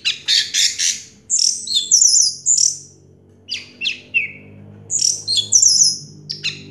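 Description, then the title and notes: Orange-headed thrush song of loud harsh notes and high whistles in separated phrases with brief pauses between. Singing in the teler style with a clear voice; part of a complete compilation of anis merah sounds. "Anis Merah Teler Suara Jernih. kumpulan suara anis merah lengkap"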